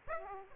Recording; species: mosquito wingbeat signal from an infrared sensor; Aedes aegypti